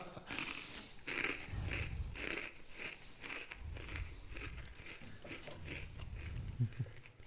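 Crunchy food being chewed in a steady, rhythmic series of loud, crackly bites, about two per second, with a low rumbling, snuffling undertone and no talking.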